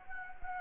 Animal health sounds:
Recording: mosquito wingbeat signal from an infrared sensor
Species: Anopheles gambiae

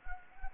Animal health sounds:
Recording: mosquito wingbeat signal from an infrared sensor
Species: Anopheles gambiae

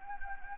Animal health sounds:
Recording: mosquito wingbeat signal from an infrared sensor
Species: Anopheles gambiae

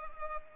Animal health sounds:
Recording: mosquito wingbeat signal from an infrared sensor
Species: Culex pipiens

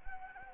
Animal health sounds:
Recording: mosquito wingbeat signal from an infrared sensor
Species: Anopheles gambiae

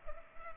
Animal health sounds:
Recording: mosquito wingbeat signal from an infrared sensor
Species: Culex pipiens

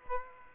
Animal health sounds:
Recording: mosquito wingbeat signal from an infrared sensor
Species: Aedes aegypti

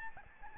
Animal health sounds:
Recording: mosquito wingbeat signal from an infrared sensor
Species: Aedes albopictus

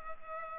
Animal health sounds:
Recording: mosquito wingbeat signal from an infrared sensor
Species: Culex pipiens

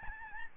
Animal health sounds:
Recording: mosquito wingbeat signal from an infrared sensor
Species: Aedes albopictus

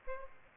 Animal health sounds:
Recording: mosquito wingbeat signal from an infrared sensor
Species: Aedes aegypti

